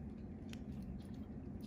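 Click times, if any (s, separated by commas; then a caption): 0.5 s. A folding knife's blade and detent ball are pressed in, and a small, sharp click at 0.5 s marks the steel detent ball dropping into its hole in the lock bar over a steady low hum. The detent ball is seated.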